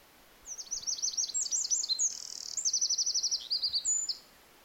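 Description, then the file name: Eurasian wren bursting into a high, vigorous song with tumbling notes, a buzzy middle section and a quick machine-gun trill. "Troglodytes troglodytes"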